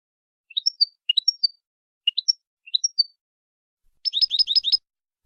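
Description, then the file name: European goldfinch song: several quick rising phrases of a few notes, then a fast trill. Training song for goldfinches, in the clean-song style called 'cante limpio'. "Educacion jilgueros a cante limpio"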